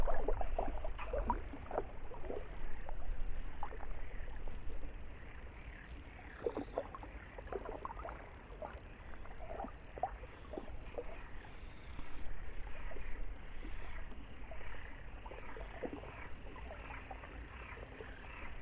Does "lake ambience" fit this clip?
yes